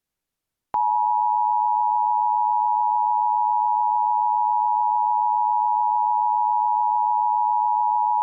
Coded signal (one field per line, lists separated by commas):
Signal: Emergency Alert System (SAME) tones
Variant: 853 and 960 Hz attention tone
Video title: EAS Immediate Evacuation/Shelter in Place Warning Richmond, Indiana for Large Industrial FIre